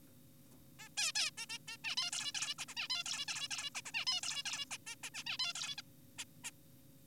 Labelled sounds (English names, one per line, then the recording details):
Zebra Finch
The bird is an adult
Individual g4p5U